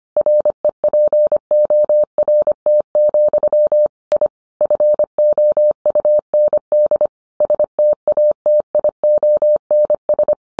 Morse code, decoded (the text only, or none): REPORT, I FOUND STATIONS